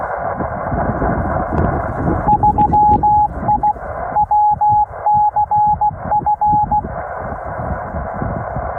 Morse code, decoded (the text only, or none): 3I WCF